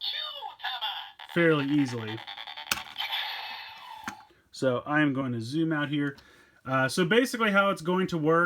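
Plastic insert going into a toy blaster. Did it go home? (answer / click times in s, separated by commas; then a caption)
yes / 2.4 s, 2.7 s. A plastic insert is pushed in from both sides into a DX Seiza Blaster toy blaster from Uchu Sentai Kyuranger, and it clicks fully into place with sharp clicks at 2.4 s and 2.7 s. Someone talks before and after the clicks.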